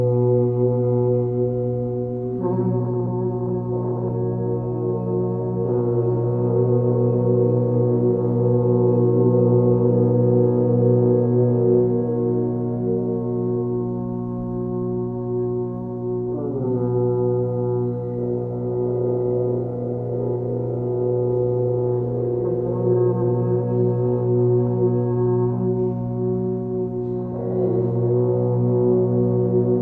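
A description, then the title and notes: Earth horns blow long, low, overlapping tones over a steady electronic drone, with new horn entries near 2, 16 and 27 seconds. Earth Horns with Electronic Drone.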